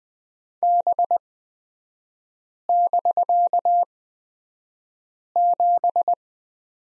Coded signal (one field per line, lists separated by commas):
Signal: Morse code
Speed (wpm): 20 wpm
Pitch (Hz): 700 Hz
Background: none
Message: B<BK>7